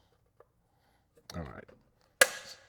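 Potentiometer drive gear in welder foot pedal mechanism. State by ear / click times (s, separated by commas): released / 2.2 s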